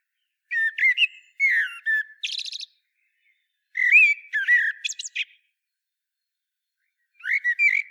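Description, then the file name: Common blackbird singing two phrases, each a mellow warbled opening ending in a thin, scratchy twitter, then a third phrase begins after a pause. "Turdus merula"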